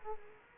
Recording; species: mosquito wingbeat signal from an infrared sensor; Culex quinquefasciatus